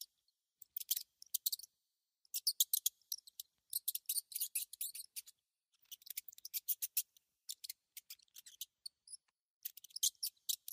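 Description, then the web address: Mouse calls as quick trains of high, dry, clicking squeaks, coming in bursts separated by short silences, with an occasional faint tonal peep. "animals mouse mouse"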